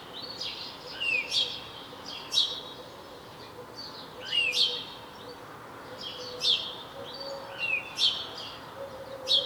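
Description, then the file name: House sparrow chirps in loose pairs and clusters over soft background noise. "Passer domesticus"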